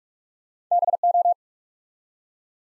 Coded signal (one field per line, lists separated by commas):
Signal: Morse code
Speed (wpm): 44 wpm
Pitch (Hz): 700 Hz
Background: none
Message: BO